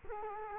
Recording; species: mosquito wingbeat signal from an infrared sensor; Culex quinquefasciatus